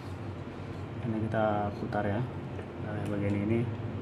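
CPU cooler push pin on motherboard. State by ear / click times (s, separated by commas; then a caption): not seated / none. A plastic CPU cooler push pin on a motherboard is being handled, with its back part to be twisted until it clicks into position. Someone talks over low background noise throughout. Nothing has seated or clicked yet.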